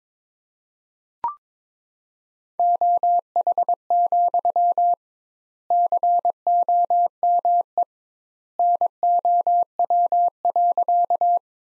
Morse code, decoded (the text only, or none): OH, COME NOW.